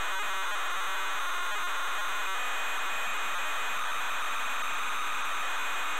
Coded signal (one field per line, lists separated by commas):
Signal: ZX Spectrum tape loading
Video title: ZX SPECTRUM Loading TotalRecall Ocean Software Ltd. 1991